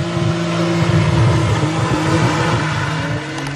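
A car engine roars at high power, a loud, steady droning growl with strong low harmonic tones held for several seconds, no voices.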